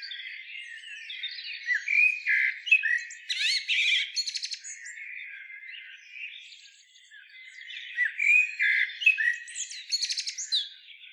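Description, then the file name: Common blackbird song: continuous chattering and chirping phrases with several buzzy, rattling bursts, dipping quieter in the middle before picking up again. "Turdus merula"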